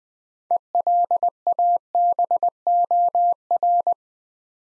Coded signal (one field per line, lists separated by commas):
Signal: Morse code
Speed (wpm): 20 wpm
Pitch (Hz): 700 Hz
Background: none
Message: ELABOR